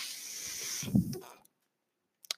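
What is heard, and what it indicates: A steady airy hiss runs for about a second and a half, with a soft low thump near its end, then stops abruptly. After a pause come two faint clicks. This is a mechanical ventilator cycling in a small room.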